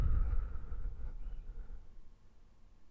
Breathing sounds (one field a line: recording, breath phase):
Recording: one breath near a microphone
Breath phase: exhalation